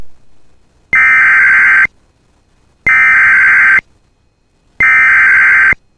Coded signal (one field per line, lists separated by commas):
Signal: Emergency Alert System (SAME) tones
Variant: header bursts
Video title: [EAS] Severe Thunderstorm Warning For Bemidji Area (Tornado Possible!!) (6/4/24)